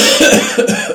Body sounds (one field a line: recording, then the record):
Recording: coughing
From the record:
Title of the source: Spring Cold Coughing.